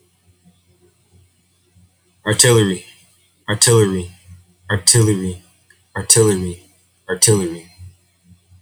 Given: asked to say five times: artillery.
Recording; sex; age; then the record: repeated word; male; 20 to 29 years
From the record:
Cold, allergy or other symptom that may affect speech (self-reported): no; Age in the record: 26 years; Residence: Philippines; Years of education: 16